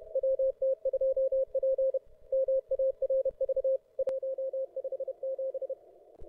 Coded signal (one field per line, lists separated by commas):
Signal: Morse code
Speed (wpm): 31 wpm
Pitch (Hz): 530 Hz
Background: radio noise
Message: WT2P MARV 157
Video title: 2022-02-24 0300Z CWOps CWT